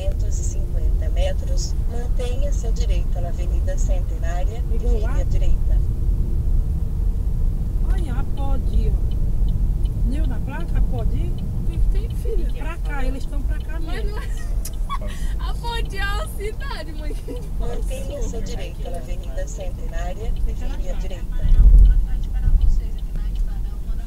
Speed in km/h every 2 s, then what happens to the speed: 38, 40, 44, 48, 53, 56, 58, 60, 61, 60, 57, 51.
0-15 speeds up to 61. 15-24 slows to 51.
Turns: none.